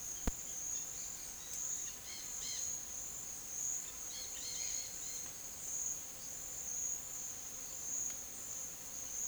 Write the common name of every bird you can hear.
Dusky-headed Parakeet